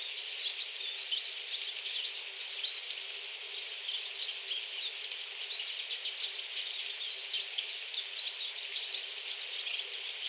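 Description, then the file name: Eurasian siskin flock calls: dense, continuous high twittering and thin chirps overlapping throughout, with a steady background hiss. Recorded at Kuroda, Tatsuno on 18 March 2024. "mahiwa tatsuno kuroda"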